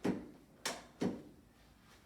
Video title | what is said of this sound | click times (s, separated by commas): Instructional Video - Chair Adjustment | so you can actually raise it up let it click into place | 0.7 s